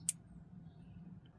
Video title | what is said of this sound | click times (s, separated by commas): Crankshaft position sensor replacement 2018 - 2022 Honda CRV & Civic | and push it on till you hear it lock in. | 0.1 s